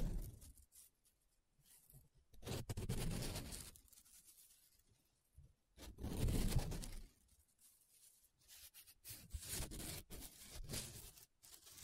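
Paper being rubbed and scratched in bursts, with loud swelling strokes near three and six seconds and quieter scratchy passes between them.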